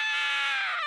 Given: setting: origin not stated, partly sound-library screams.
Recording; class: one-second piece from a danger detection set; woman in danger